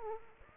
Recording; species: mosquito wingbeat signal from an infrared sensor; Aedes aegypti